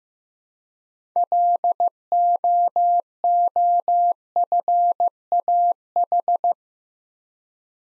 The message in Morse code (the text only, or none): LOOFAH